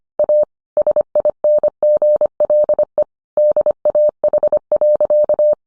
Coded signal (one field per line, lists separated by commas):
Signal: Morse code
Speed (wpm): 25 wpm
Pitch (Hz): 600 Hz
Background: none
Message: A SINGLE DAH.